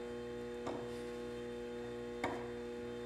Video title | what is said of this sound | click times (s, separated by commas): How to keep the handle scales tight on your knife for cheap 2 | catch this on camera I can get my hands out of the way you'll hear a little snap | 2.2 s